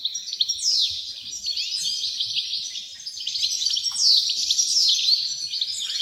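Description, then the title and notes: Wrens giving high, fast jingling trills and downslurred chips, the chorus swelling and easing throughout. Dozens of wrens in the backyard of a home in Dover, southern Tasmania. "Nature Sounds Tasmania - Dover Wrens. The sounds of dozens of wrens in the backyard of a home in Dover, southern Tasmania"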